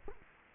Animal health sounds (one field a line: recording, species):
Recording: mosquito wingbeat signal from an infrared sensor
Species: Culex quinquefasciatus